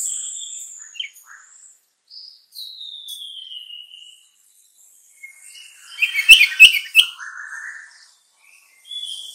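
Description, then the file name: Bulbul song: high drawn-out whistles and descending slurred notes, then a loud cluster of sharp chirps near the sixth second, with quiet pauses between phrases. "suara kutilang trucukan"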